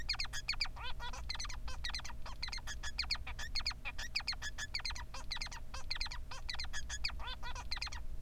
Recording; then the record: song of a male Bengalese finch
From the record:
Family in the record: son of father 3